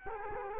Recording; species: mosquito wingbeat signal from an infrared sensor; Culex quinquefasciatus